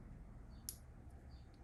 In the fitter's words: You guys probably can't hear it, but you can hear it click.